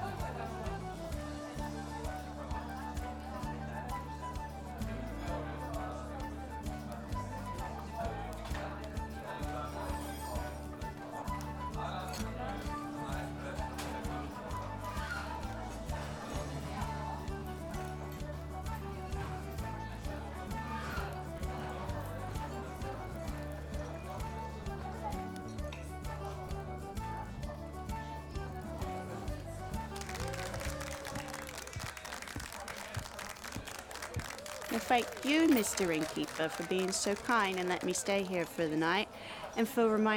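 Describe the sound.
An evening at an inn: low, steady droning hum under a constant murmur of talk and small clatter for the first half minute. Near thirty seconds the low hum falls away, and brighter, livelier voices take over, growing louder toward the end.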